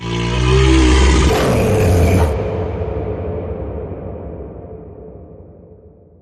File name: Grizzly Call. John Sponsler Tom Gire